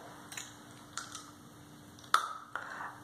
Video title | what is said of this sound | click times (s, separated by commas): How does the transformation take place? | I said once before when you hear that clicks on that means that if it's on correctly | 2.1 s